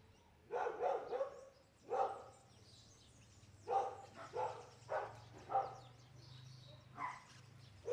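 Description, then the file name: Dog barking: irregular single and doubled barks spread throughout, with a low steady hum beneath. Dog barking on a farm. "Cachorro latindo em fazenda"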